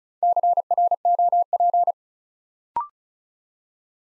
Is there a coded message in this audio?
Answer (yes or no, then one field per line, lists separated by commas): yes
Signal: Morse code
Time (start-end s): 0.2-1.9 s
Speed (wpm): 36 wpm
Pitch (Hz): 700 Hz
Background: none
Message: CROP